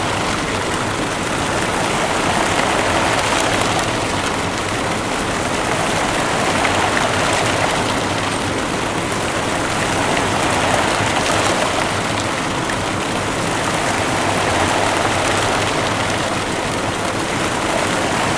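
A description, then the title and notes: Water from a large fountain with many jets pours and splashes in a continuous, dense rush. The sound stays steady and full across the whole span, mostly in the middle and upper range, with gentle swells in loudness every few seconds. The monument of Alexander the Great in Skopje is a colossal 24 meter tall statue with a large fountain and dozens of water jets. The very, very long song of the waters of the fountain. Recorded by Manu Hollard.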